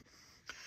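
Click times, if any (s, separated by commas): 0.5 s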